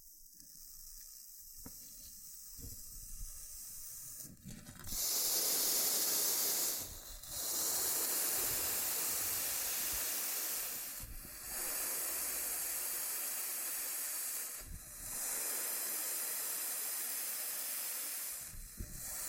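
Loofah triggers: after a quieter opening of soft scratchy rustles, a bright, dense hiss-like scrubbing starts near five seconds and runs in long steady stretches. Brief dips and small pops break it at roughly 7, 11, 15 and 19 seconds.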